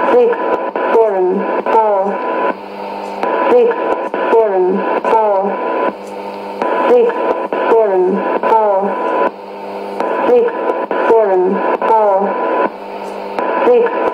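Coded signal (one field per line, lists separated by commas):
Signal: numbers station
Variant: E17z English Lady, English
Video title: 09 02 2017 Numbers station E17z English Lady in English to Eu 0810 on 9820 in CUSB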